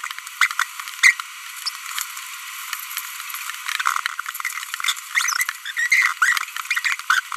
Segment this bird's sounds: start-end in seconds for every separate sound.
0.41-0.47, 1.03-1.12, 1.66-1.69, 5.15-5.43, 5.77-5.87, 5.92-6.11, 7.10-7.20